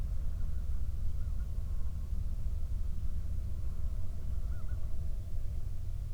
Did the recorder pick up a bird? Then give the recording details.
yes. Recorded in the Prudhoe Bay oil fields, Alaska, on 31 July 2019 at 08:39. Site 24